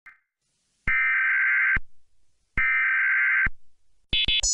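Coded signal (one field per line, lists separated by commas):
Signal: Emergency Alert System (SAME) tones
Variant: header bursts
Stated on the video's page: Fictional EAS scenario.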